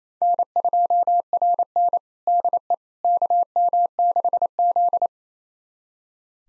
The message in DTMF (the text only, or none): none